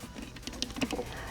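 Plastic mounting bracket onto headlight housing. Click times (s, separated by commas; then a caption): 0.6 s. An OEM plastic mounting bracket is pressed onto an aftermarket Morimoto XB LED headlight housing for a 2014–2015 Silverado 1500, with its three base grooves lined up. Light handling taps lead up to one sharp little click at 0.6 s, followed by softer taps. The bracket clicks into place and is seated.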